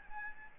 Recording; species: mosquito wingbeat signal from an infrared sensor; Aedes albopictus